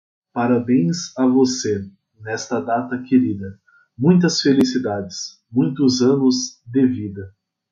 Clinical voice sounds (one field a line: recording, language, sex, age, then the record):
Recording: short text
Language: Brazilian Portuguese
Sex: male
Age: 30 to 39 years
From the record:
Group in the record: control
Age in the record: 33 years